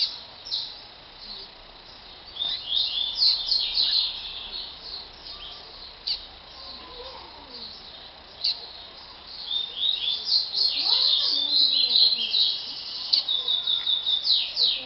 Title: Canto Coleiro